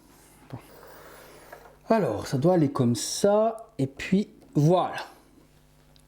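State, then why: Seated. Someone talks while handling a resin component of a Prime 1 Studio Mr. Freeze exclusive statue from Batman Arkham Origins, with faint handling noises under the speech. After first fitting the part the wrong way, it is repositioned and pushed home into the statue base. A small, sharp click at 6.0 s marks it clipping into place.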